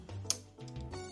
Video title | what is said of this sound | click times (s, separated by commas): running out of magnets!!! | That one didn't click in that much. | 0.3 s